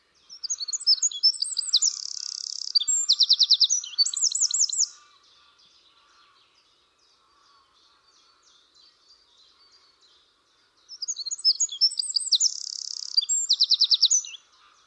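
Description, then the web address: Bird calling in two bursts of high chirps, buzzy notes and rapid trills, the first lasting about five seconds and the second running to the end after a quiet gap of about six seconds. "cianscape birddata Deverinetal 2025"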